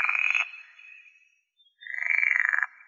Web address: Pool Frog